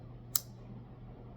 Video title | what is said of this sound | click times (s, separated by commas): ANV Z100 | You get a nice click. | 0.4 s